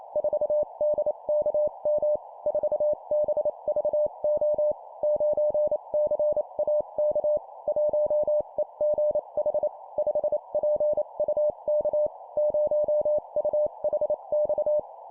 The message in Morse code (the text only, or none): 4DKM 4BVO 9CAK 1EGH 5PUK 0UHX